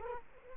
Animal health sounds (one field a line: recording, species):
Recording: mosquito wingbeat signal from an infrared sensor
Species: Culex quinquefasciatus